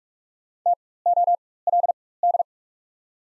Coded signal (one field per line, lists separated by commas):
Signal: Morse code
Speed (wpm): 45 wpm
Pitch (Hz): 700 Hz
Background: none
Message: TOLD